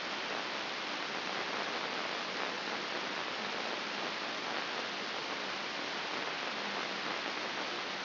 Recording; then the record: brain microelectrode recording played as sound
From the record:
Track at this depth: outside the subthalamic nucleus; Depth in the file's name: 5.22 mm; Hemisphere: left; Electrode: 2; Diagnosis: Parkinson's disease